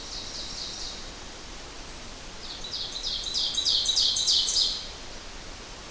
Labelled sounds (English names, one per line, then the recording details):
Ovenbird song
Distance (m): 30 m
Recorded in boreal forest in Alberta, Canada, on 12 June 2016 at 07:14
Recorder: SongMeter 3, array SBT-3-18
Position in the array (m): 121 m, 108 m
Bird 29